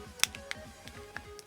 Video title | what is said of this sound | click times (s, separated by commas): Altaya K2000 au 1/8 montage fascicule 4 par Gégé LCF | Voilà, ça se clipse. | 0.2 s